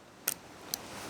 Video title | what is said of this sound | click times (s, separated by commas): How to use ascenders: The Basics! | and lock her in okay same thing you have to get weight off | 0.3 s